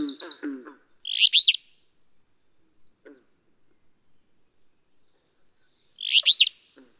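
Alder flycatcher song: two loud, burry, arching phrases about five seconds apart, with a short burst of lower notes at the start.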